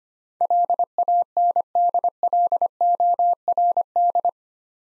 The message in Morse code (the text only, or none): LANDLORD